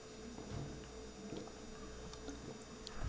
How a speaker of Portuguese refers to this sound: Desculpa, pessoal, pausa para a água.